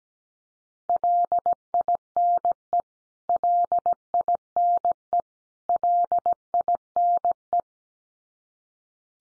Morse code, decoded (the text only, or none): LINE LINE LINE